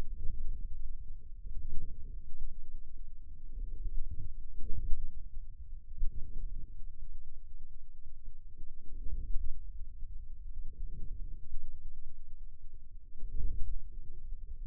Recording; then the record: forearm muscle sounds (acoustic myography)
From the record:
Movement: inward rotation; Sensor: system 2, bracelet of six BSWA MPA416 microphones around the upper forearm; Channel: 2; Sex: male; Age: 22 years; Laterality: right